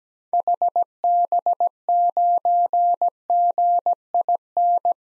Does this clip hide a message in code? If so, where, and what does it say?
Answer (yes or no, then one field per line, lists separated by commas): yes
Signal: Morse code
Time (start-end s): 0.3-4.9 s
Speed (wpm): 17 wpm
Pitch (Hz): 700 Hz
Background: none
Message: HB9GIN